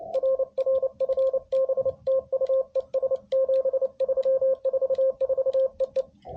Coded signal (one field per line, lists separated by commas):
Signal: Morse code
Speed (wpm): 28 wpm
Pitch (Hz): 530 Hz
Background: radio noise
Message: RR FB TU ES 73 44 EE